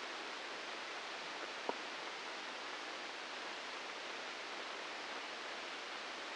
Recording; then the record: brain microelectrode recording played as sound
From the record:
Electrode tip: inside the subthalamic nucleus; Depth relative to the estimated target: -2 mm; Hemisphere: right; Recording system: NeuroSet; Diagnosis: Parkinson's disease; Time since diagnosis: 9 years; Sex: female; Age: 51 years